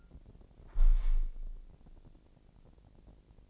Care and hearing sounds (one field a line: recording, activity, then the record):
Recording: daily activity, microphone in the room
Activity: close window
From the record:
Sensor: 5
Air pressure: 1012.4 hPa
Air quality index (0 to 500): 162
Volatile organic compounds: 2 ppm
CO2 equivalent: 1098 ppm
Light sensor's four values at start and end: 70/168/69/74 and 70/168/69/73